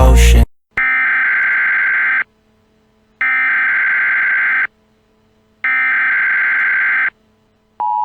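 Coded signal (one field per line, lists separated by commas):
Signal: Emergency Alert System (SAME) tones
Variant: header bursts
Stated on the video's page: Fictional EAS scenario containing valid SAME tones.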